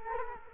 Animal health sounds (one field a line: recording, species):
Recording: mosquito wingbeat signal from an infrared sensor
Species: Culex quinquefasciatus